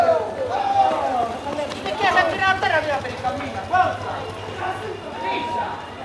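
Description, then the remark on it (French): A quick patter of running footsteps as village boys race on foot along the Corso Repubblica hurries past beneath a lively jumble of voices and shouts from a crowd, the steps steady and rhythmic throughout. “Quelques jours plus tard, toujours sur le Corso Repubblica, mais dans le sens inverse par rapport à la procession, s'était tenue la course des jeunes garçons du village.”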